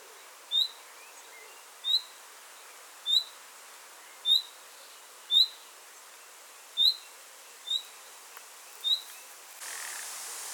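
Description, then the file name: Common nightingale giving eight thin, rising whistles at fairly even intervals of just over a second, followed by a burst of hissing noise at the end. "Luscinia megarhynchos"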